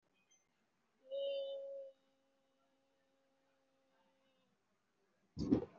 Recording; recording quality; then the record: sustained vowel as in made; excellent, no background noise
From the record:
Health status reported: COVID-19 positive, mild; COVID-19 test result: positive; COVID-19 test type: RT-PCR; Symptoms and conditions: sore throat, fever, loss of smell and taste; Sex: female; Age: 18 years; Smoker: no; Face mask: worn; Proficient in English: yes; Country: India